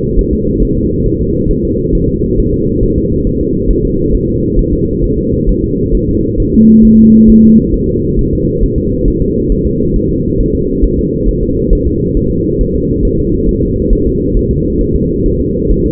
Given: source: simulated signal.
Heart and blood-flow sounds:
fetal heart sounds
0.19 s: S1
0.33 s: S2
0.62 s: S1
0.77 s: S2
1.06 s: S1
1.21 s: S2
1.51 s: S1
1.65 s: S2
1.95 s: S1
2.10 s: S2
2.39 s: S1
2.54 s: S2
2.83 s: S1
2.98 s: S2
3.27 s: S1
3.41 s: S2
3.71 s: S1
3.85 s: S2
4.15 s: S1
4.29 s: S2
4.59 s: S1
4.73 s: S2
5.04 s: S1
5.18 s: S2
5.49 s: S1
5.64 s: S2
5.95 s: S1
6.09 s: S2
6.40 s: S1
6.54 s: S2
6.85 s: S1
6.99 s: S2
7.30 s: S1
7.44 s: S2
7.74 s: S1
7.89 s: S2
8.19 s: S1
8.33 s: S2
8.64 s: S1
8.78 s: S2
9.08 s: S1
9.22 s: S2
9.52 s: S1
9.67 s: S2
9.96 s: S1
10.11 s: S2
10.40 s: S1
10.55 s: S2
10.84 s: S1
10.99 s: S2
11.29 s: S1
11.43 s: S2
11.73 s: S1
11.87 s: S2
12.17 s: S1
12.31 s: S2
12.61 s: S1
12.75 s: S2
13.05 s: S1
13.19 s: S2
13.49 s: S1
13.63 s: S2
13.93 s: S1
14.07 s: S2
14.37 s: S1
14.51 s: S2
14.81 s: S1
14.96 s: S2
15.26 s: S1
15.41 s: S2
15.72 s: S1
15.86 s: S2
From the record:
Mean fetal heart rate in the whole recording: 135 bpm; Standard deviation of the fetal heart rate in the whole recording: 3 bpm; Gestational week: 36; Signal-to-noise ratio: -14.7 dB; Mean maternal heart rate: 72 bpm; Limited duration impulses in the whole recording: present

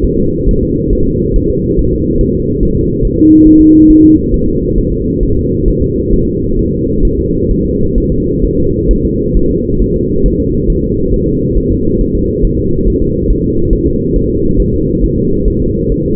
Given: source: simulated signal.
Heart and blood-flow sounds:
fetal heart sounds
0.04 s: S1
0.19 s: S2
0.49 s: S1
0.63 s: S2
0.93 s: S1
1.07 s: S2
1.36 s: S1
1.50 s: S2
1.79 s: S1
1.93 s: S2
2.21 s: S1
2.35 s: S2
2.63 s: S1
2.77 s: S2
3.05 s: S1
3.19 s: S2
3.47 s: S1
3.61 s: S2
3.90 s: S1
4.04 s: S2
4.34 s: S1
4.48 s: S2
4.78 s: S1
4.93 s: S2
5.23 s: S1
5.37 s: S2
5.68 s: S1
5.82 s: S2
6.13 s: S1
6.28 s: S2
6.59 s: S1
6.73 s: S2
7.05 s: S1
7.19 s: S2
7.51 s: S1
7.65 s: S2
7.98 s: S1
8.12 s: S2
8.44 s: S1
8.59 s: S2
8.91 s: S1
9.05 s: S2
9.37 s: S1
9.51 s: S2
9.82 s: S1
9.96 s: S2
10.26 s: S1
10.40 s: S2
10.70 s: S1
10.84 s: S2
11.14 s: S1
11.28 s: S2
11.57 s: S1
11.72 s: S2
12.01 s: S1
12.15 s: S2
12.44 s: S1
12.59 s: S2
12.88 s: S1
13.02 s: S2
13.30 s: S1
13.44 s: S2
13.73 s: S1
13.87 s: S2
14.16 s: S1
14.30 s: S2
14.60 s: S1
14.74 s: S2
15.03 s: S1
15.18 s: S2
15.48 s: S1
15.62 s: S2
15.92 s: S1
16.06 s: S2
From the record:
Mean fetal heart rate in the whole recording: 135 bpm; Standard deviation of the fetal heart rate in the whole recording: 3 bpm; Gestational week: 36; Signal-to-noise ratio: -15.3 dB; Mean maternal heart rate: 72 bpm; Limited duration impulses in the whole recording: present

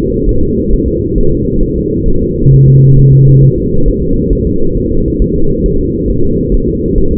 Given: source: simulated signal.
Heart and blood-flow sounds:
fetal heart sounds
0.29 s: S1
0.43 s: S2
0.73 s: S1
0.88 s: S2
1.18 s: S1
1.32 s: S2
1.63 s: S1
1.77 s: S2
2.08 s: S1
2.23 s: S2
2.54 s: S1
2.68 s: S2
2.99 s: S1
3.13 s: S2
3.44 s: S1
3.58 s: S2
3.88 s: S1
4.03 s: S2
4.33 s: S1
4.47 s: S2
4.77 s: S1
4.92 s: S2
5.22 s: S1
5.36 s: S2
5.66 s: S1
5.80 s: S2
6.10 s: S1
6.25 s: S2
6.54 s: S1
6.69 s: S2
6.98 s: S1
7.12 s: S2
From the record:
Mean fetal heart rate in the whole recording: 135 bpm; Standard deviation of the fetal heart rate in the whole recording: 3 bpm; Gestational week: 36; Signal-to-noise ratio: -17.7 dB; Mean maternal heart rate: 72 bpm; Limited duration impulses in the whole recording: present

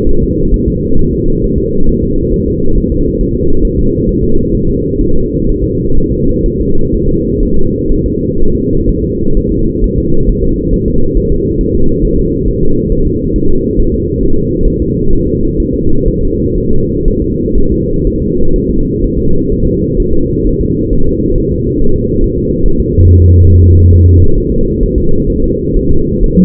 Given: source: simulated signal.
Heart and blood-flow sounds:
fetal heart sounds
0.09 s: S1
0.23 s: S2
0.54 s: S1
0.68 s: S2
0.99 s: S1
1.13 s: S2
1.44 s: S1
1.58 s: S2
1.89 s: S1
2.04 s: S2
2.34 s: S1
2.48 s: S2
2.78 s: S1
2.92 s: S2
3.21 s: S1
3.36 s: S2
3.65 s: S1
3.79 s: S2
4.09 s: S1
4.23 s: S2
4.55 s: S1
4.69 s: S2
5.01 s: S1
5.16 s: S2
5.49 s: S1
5.64 s: S2
5.98 s: S1
6.12 s: S2
6.46 s: S1
6.61 s: S2
6.94 s: S1
7.09 s: S2
7.43 s: S1
7.57 s: S2
7.92 s: S1
8.06 s: S2
8.41 s: S1
8.55 s: S2
8.89 s: S1
9.04 s: S2
9.37 s: S1
9.52 s: S2
9.84 s: S1
9.98 s: S2
10.29 s: S1
10.44 s: S2
10.74 s: S1
10.88 s: S2
11.17 s: S1
11.32 s: S2
11.61 s: S1
11.75 s: S2
12.05 s: S1
12.19 s: S2
12.48 s: S1
12.63 s: S2
12.92 s: S1
13.07 s: S2
13.36 s: S1
13.50 s: S2
13.79 s: S1
13.94 s: S2
14.23 s: S1
14.38 s: S2
14.68 s: S1
14.82 s: S2
15.13 s: S1
15.27 s: S2
15.60 s: S1
15.74 s: S2
16.08 s: S1
16.23 s: S2
16.58 s: S1
16.72 s: S2
17.08 s: S1
17.22 s: S2
17.58 s: S1
17.72 s: S2
18.07 s: S1
18.22 s: S2
18.56 s: S1
18.70 s: S2
19.04 s: S1
19.19 s: S2
19.52 s: S1
19.67 s: S2
20.00 s: S1
20.14 s: S2
20.47 s: S1
20.61 s: S2
20.93 s: S1
21.07 s: S2
21.38 s: S1
21.52 s: S2
21.82 s: S1
21.96 s: S2
22.24 s: S1
22.39 s: S2
22.66 s: S1
22.80 s: S2
23.08 s: S1
23.22 s: S2
23.50 s: S1
23.64 s: S2
23.93 s: S1
24.08 s: S2
24.38 s: S1
24.52 s: S2
24.83 s: S1
24.98 s: S2
25.30 s: S1
25.44 s: S2
25.77 s: S1
25.91 s: S2
26.24 s: S1
26.38 s: S2
From the record:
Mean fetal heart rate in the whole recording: 130 bpm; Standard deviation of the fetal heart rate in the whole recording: 4 bpm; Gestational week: 38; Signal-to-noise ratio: -19.1 dB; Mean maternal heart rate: 72 bpm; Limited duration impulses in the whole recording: present

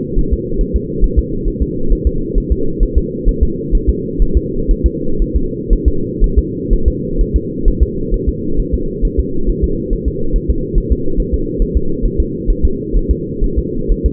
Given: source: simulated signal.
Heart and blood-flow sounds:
fetal heart sounds
0.19 s: S1
0.34 s: S2
0.61 s: S1
0.76 s: S2
1.04 s: S1
1.19 s: S2
1.48 s: S1
1.62 s: S2
1.92 s: S1
2.07 s: S2
2.38 s: S1
2.52 s: S2
2.83 s: S1
2.98 s: S2
3.28 s: S1
3.43 s: S2
3.75 s: S1
3.89 s: S2
4.22 s: S1
4.37 s: S2
4.71 s: S1
4.86 s: S2
5.22 s: S1
5.36 s: S2
5.73 s: S1
5.88 s: S2
6.24 s: S1
6.39 s: S2
6.73 s: S1
6.88 s: S2
7.21 s: S1
7.36 s: S2
7.68 s: S1
7.83 s: S2
8.14 s: S1
8.29 s: S2
8.60 s: S1
8.74 s: S2
9.05 s: S1
9.20 s: S2
9.49 s: S1
9.64 s: S2
9.93 s: S1
10.08 s: S2
10.36 s: S1
10.51 s: S2
10.78 s: S1
10.93 s: S2
11.20 s: S1
11.34 s: S2
11.62 s: S1
11.77 s: S2
12.06 s: S1
12.20 s: S2
12.50 s: S1
12.65 s: S2
12.97 s: S1
13.11 s: S2
13.44 s: S1
13.59 s: S2
13.92 s: S1
14.06 s: S2
From the record:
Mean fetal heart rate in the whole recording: 130 bpm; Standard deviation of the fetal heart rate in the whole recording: 4 bpm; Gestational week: 38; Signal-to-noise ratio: -8.1 dB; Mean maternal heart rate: 72 bpm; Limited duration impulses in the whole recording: absent

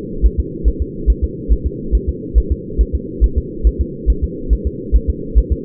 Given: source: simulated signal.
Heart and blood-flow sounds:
fetal heart sounds
0.26 s: S1
0.40 s: S2
0.68 s: S1
0.82 s: S2
1.10 s: S1
1.24 s: S2
1.53 s: S1
1.66 s: S2
1.95 s: S1
2.09 s: S2
2.38 s: S1
2.52 s: S2
2.81 s: S1
2.95 s: S2
3.24 s: S1
3.38 s: S2
3.67 s: S1
3.81 s: S2
4.10 s: S1
4.24 s: S2
4.53 s: S1
4.67 s: S2
4.96 s: S1
5.10 s: S2
5.38 s: S1
5.52 s: S2
From the record:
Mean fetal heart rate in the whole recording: 140 bpm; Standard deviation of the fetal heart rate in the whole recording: 2 bpm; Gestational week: 34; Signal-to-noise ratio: -4.3 dB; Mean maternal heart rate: 72 bpm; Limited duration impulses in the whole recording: absent

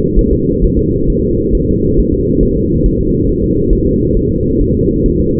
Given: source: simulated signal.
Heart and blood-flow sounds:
fetal heart sounds
0.19 s: S1
0.33 s: S2
0.64 s: S1
0.79 s: S2
1.10 s: S1
1.24 s: S2
1.55 s: S1
1.69 s: S2
1.99 s: S1
2.14 s: S2
2.43 s: S1
2.57 s: S2
2.86 s: S1
3.01 s: S2
3.29 s: S1
3.44 s: S2
3.73 s: S1
3.87 s: S2
4.17 s: S1
4.31 s: S2
4.61 s: S1
4.76 s: S2
5.06 s: S1
5.20 s: S2
From the record:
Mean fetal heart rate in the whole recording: 135 bpm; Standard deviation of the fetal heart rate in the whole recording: 3 bpm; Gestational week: 36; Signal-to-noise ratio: -10.2 dB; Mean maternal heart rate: 72 bpm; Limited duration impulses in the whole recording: present

